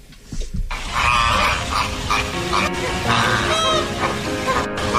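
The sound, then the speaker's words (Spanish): Chilean flamingo and Andean condor calls: a dense, steady chorus of nasal, honking cries overlapping one another, with a few higher piping notes and a low rumble underneath, no talking. “Escuchemos ese pequeño fragmento de sonidos reales, sonidos de las aves, y después ustedes me cuentan.”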